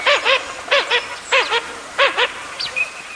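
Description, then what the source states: Blue-winged teal calls: several paired, nasal, harmonic notes in quick succession, then a thin whistle and a faint steady tone. Long-distance migrants; pairs form in winter and migrate together in spring to nesting areas, often where the female was born.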